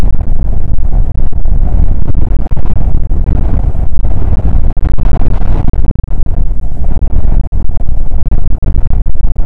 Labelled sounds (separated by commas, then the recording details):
wind
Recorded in the Prudhoe Bay oil fields, Alaska, on 19 July 2019 at 00:00
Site 25